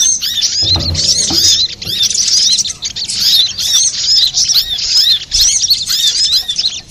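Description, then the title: Little spiderhunter singing nearly nonstop high, rapid chirping phrases, with a low bump near the start. Master recording for training cage birds. "Masteran Burung Sogok Ontong Labaik"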